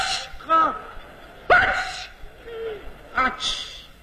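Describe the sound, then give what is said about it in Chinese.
A voice imitates sneezing in Beijing style: short gasping intakes, then two loud bursts ending in a sharp, hissy 'chee' sound, separated by a soft moaning breath. “您比如说这北京人打喷嚏什么味儿？”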